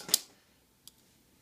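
Pushing in the plastic plunger of a Dexcom G4 glucose sensor applicator and then pulling back its collar on the sensor pod produces a sharp, loud broadband click at 0.1 s and a fainter, high-pitched click at 0.9 s. The needle goes in and retracts, and the filament is left in place, so the sensor is seated.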